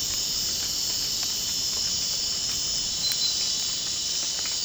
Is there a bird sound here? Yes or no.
no